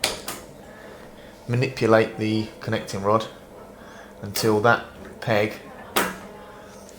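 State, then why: Seated. Someone talks while manipulating the metal connecting rod at the top of the faceplate of an ERA 2 Big Hook multipoint door lock, with sharp knocks at 0.0 and 0.3 seconds. A crisp click at 6.0 seconds marks the round peg on the lock case seating into the round hole in the connecting rod.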